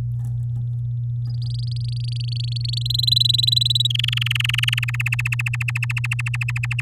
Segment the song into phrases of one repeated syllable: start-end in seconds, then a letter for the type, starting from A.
1.25-2.79 A, 2.81-3.87 B, 3.90-4.85 C, 4.88-6.81 D